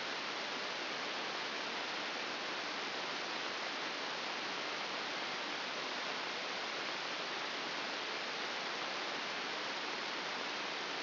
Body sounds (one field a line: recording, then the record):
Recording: brain microelectrode recording played as sound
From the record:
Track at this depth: outside the subthalamic nucleus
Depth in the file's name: 6.898 mm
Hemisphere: left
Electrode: 2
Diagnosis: Parkinson's disease